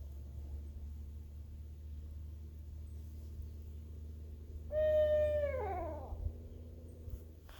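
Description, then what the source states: Owl giving one drawn-out hoot, a steady tonal note that bends downward and fades at the end, over a constant low rumble. A slow hoot.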